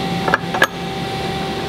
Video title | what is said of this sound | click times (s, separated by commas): 60 HP MAKINO - Dual Vise Set-Up & Installation - CNC Machining | this straight down locks | 0.3 s, 0.6 s